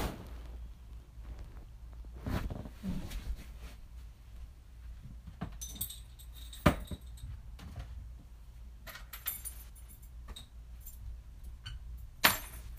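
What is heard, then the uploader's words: Clothes are being folded, with soft fabric rustles and shuffles coming in irregular bursts over a low, steady hum. Sharp brief knocks stand out near the start, the middle and the end, with quieter handling sounds between them. ASMR Cleaning style with me. Fold my clothes.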